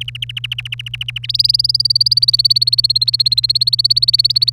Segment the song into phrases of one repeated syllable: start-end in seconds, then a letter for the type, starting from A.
0.01-1.26 A, 1.29-4.50 B